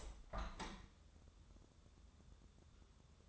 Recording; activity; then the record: daily activity, microphone in the room; open window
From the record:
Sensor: 3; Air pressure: 1014.9 hPa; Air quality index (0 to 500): 75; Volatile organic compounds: 2 ppm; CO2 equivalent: 1020 ppm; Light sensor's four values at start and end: 9/22/9/9 and 10/23/9/9